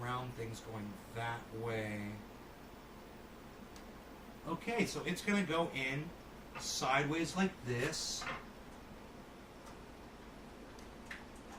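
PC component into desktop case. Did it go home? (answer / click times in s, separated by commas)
yes / 11.1 s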